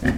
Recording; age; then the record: pig call; growing-finishing pig (85 days or more)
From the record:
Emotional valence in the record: positive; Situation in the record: enriched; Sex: female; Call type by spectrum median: low-frequency call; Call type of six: low-frequency stable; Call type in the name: low-frequency stable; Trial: 2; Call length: 0.19 s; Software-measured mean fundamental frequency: 41 Hz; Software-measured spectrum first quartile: 197 Hz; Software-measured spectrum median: 415 Hz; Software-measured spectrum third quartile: 1590 Hz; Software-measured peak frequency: 236 Hz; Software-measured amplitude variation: 182 dB a second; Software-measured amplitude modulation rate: 16.1 a second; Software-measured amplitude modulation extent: 11.3 dB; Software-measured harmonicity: 2.1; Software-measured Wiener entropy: -2.51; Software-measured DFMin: 909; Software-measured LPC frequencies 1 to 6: 1788, 2841, 4879, 5804, 6788, 7779 Hz